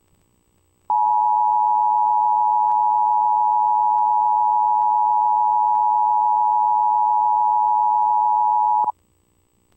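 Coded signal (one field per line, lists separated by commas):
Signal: Emergency Alert System (SAME) tones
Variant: 853 and 960 Hz attention tone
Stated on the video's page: A fictional EAS scenario, not a real alert.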